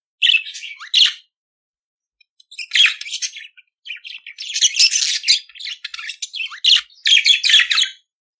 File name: Canto do periquito australiano